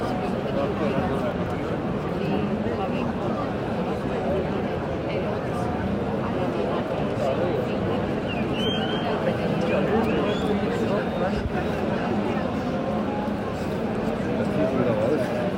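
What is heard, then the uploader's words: A bullfight crowd in Seville's Real Maestranza keeps up a dense, steady murmur of many voices, with a brief bright whistle near nine seconds. Bullfight, Plaza de toros de la Real Maestranza de Caballería de Sevilla, Spain.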